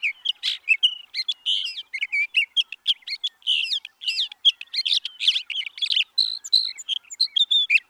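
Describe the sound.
Sage thrasher song of rapid, varied warbling notes, mixing buzzy bursts and clear whistled slurs in a steady, unbroken run.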